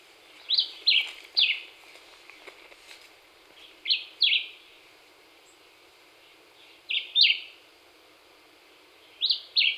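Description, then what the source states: Black-whiskered vireo repeating short, clipped two- and three-note whistled phrases with irregular pauses between them, plus a few faint clicks. Recorded 26 April 2019.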